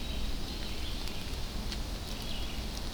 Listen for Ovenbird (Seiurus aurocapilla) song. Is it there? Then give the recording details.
no. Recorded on 24 June 2016 at 08:36. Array SBT-6-76